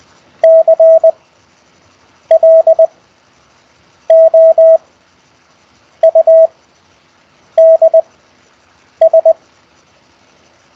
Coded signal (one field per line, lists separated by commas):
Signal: Morse code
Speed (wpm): 20 wpm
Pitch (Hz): 650 Hz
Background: none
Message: CLOUDS